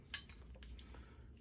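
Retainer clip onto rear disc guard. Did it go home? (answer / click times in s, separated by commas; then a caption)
yes / 0.1 s. A small retainer clip on the rear disc guard (shark fin) of a 2020 KTM 300 XC-W is hooked over and pressed home, with a screwdriver used to pop it in. It seats with a sharp metallic snap at 0.1 s, followed by a few fainter light ticks and clinks around 0.3, 0.6, 0.8 and 0.9 s over a low steady background hum.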